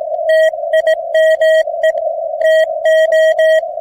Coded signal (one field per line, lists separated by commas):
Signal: Morse code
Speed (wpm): 19 wpm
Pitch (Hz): 640 Hz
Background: radio noise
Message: TIME TO